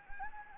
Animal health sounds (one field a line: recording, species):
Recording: mosquito wingbeat signal from an infrared sensor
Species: Anopheles gambiae